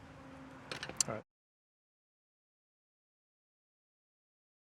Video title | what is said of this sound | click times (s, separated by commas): BUDGET Transformation! Easy headlight upgrade on a 1999-2004 Ford F250 Excursion. | so now that it's popped into place I needed to adjust that a little bit to get these two to slide into position | 1.0 s